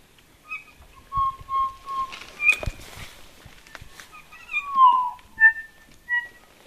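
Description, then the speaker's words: Kokako calls, short held organ-like notes and a falling slurred note, interspersed with croaky harsher sounds and rustling or clicks. Two juveniles about one year old, not the resident pair, responding after playback; calls described as croaky. "can see how they sound kind of croaky. This isn't the pair that lives here. This is two juveniles from last year."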